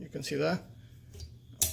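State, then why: Seated. A windshield wiper blade is pushed onto the J-hook of the wiper arm on an F150 while someone talks. A couple of faint clicks come around 1.1–1.2 seconds. Then at 1.6 seconds the plastic clip locks home with a sharp click, and the blade is seated on the hook arm.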